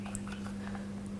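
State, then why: Seated. A battery is pushed into the open battery compartment of a small Sony Action Cam X1000 and clicks into place. A sharp, short click at 0.2 s stands out over a steady low hum and a few softer handling taps. The battery is seated.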